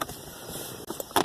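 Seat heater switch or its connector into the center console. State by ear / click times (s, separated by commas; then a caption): seated / 1.2 s. A plastic part, the seat heater switch or its wiring connector, is pushed back into place in a car's center console while the seat heat switch light is being fixed. After a quiet stretch of low background noise and a small tap near 1.0 s, a sharp click sounds at 1.2 s as the part seats in place.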